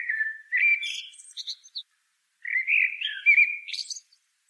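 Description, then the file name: Common blackbird song: two fluted warbling phrases, each ending in high, squeaky twittered notes. "Turdus merula"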